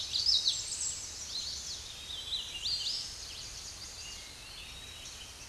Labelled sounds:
Hooded Warbler (Setophaga citrina) song
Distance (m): 55 m
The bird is about 10 m above the microphone
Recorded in a Pennsylvania forest on 16 May 2024 at 06:54
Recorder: AudioMoth, point MSD-1293
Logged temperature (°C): 12.0 °C
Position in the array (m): 2 m, 156 m

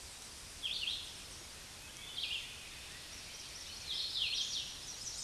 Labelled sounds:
Red-eyed Vireo (Vireo olivaceus) song
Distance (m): 35 m
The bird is about 25 m above the microphone
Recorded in a Pennsylvania forest on 16 May 2024 at 08:36
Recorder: AudioMoth, point MSD-2095
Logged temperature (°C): 16.3 °C
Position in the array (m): 167 m, 71 m

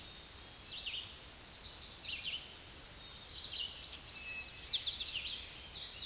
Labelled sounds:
Red-eyed Vireo (Vireo olivaceus) song
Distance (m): 30 m
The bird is about 10 m above the microphone
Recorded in a Pennsylvania forest on 16 May 2024 at 06:59
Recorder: AudioMoth, point MSD-2208
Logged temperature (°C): 15.2 °C
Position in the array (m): 159 m, 66 m

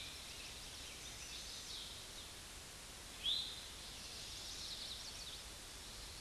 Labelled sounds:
Eastern Towhee (Pipilo erythrophthalmus) song
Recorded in a Pennsylvania forest on 16 May 2024 at 09:54
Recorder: AudioMoth, point MSD-2456
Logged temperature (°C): 16.4 °C
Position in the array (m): 201 m, 140 m

